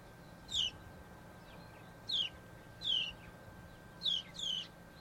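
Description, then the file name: House sparrow giving single and paired falling chirps spaced irregularly, about five notes over several seconds, against a steady low hum. "Passer domesticus"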